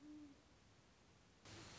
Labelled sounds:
Great Horned Owl
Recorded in Sonoma County, California

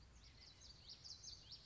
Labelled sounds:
Common Yellowthroat
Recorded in Sonoma County, California

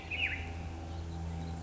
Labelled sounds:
Black-headed Grosbeak
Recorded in Sonoma County, California

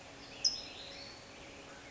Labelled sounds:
California Towhee
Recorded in Sonoma County, California

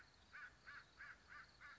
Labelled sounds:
American Crow
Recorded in Sonoma County, California

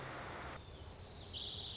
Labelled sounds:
Lazuli Bunting
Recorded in Sonoma County, California

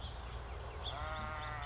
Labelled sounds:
House Finch
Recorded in Sonoma County, California

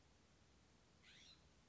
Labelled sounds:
California Scrub-Jay
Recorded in Sonoma County, California

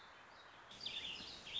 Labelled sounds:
Warbling Vireo
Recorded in Sonoma County, California

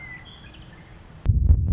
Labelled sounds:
Western Meadowlark
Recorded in Sonoma County, California

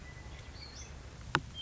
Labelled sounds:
Western Meadowlark
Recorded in Sonoma County, California

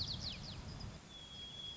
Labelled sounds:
White-crowned Sparrow
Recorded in Sonoma County, California

